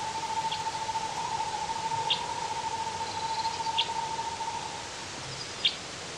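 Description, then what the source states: Northern Hawk Owl trill, a long steady note running through most, with a few brief high chirps scattered through it. Played as an example of how the species sounds.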